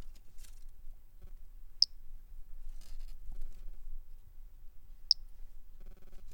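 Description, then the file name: Three-toed pumpkin toadlet giving short sharp high notes, two single pings roughly three seconds apart, amid quiet low rumble and faint hum. Individual 09, collected as specimen MHNCI 10730; recorded by M.R. Bornschein on 10 March 2016. "Brachycephalus tridactylus individual 09 collected MHNCI 10730 by MR Bornschein 160310"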